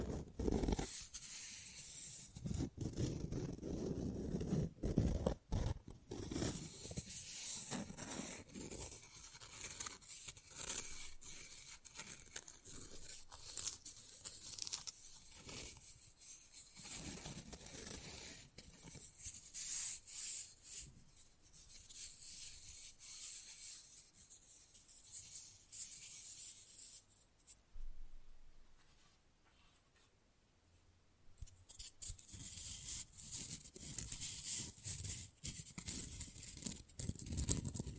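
Quick, rough nail filing rasps in dense, uneven bursts, mostly bright and scratchy with some low rumble from handling. Sharp taps punctuate the strokes throughout. Around 28–32 seconds the filing thins out and nearly stops before resuming at full pace.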